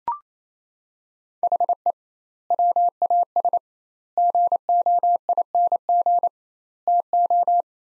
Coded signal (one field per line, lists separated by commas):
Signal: Morse code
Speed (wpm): 28 wpm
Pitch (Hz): 700 Hz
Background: none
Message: HE WAS GOING TO